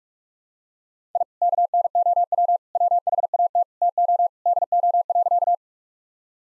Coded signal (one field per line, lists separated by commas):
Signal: Morse code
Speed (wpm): 46 wpm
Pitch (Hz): 700 Hz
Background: none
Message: I KNOW WHAT TO DO.